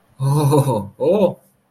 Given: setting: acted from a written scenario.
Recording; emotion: vocal sound without words; fear